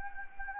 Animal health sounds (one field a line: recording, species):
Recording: mosquito wingbeat signal from an infrared sensor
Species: Anopheles gambiae